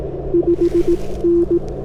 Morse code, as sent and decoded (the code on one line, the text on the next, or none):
..... -.
5N